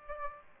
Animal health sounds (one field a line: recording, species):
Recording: mosquito wingbeat signal from an infrared sensor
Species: Aedes aegypti